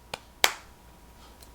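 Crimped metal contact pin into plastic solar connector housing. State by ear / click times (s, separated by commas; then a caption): seated / 0.4 s. A solar MC4 connector's plastic housing is pushed down onto a crimped metal wire pin until the pin's retaining clip snaps into place inside it, and the connector is then tugged to check it holds. A small click sounds at 0.1 s, and the main sharp snap lands at 0.4 s, followed by a faint tap near 1.4 s. The pin is confirmed seated in the housing.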